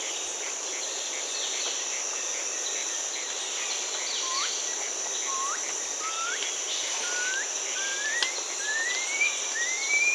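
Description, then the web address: Blue-throated piping-guan giving a series of thin whistles, each rising and climbing higher in pitch, about one per second, over a steady high insect drone. Recorded in Peru, Amazon region. "Birds of the Amazon. Blue-throated Piping-Guan (Aburria pipile), Peru"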